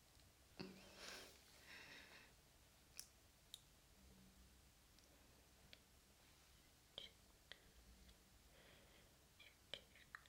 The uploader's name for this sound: Face Massage and Face Brushing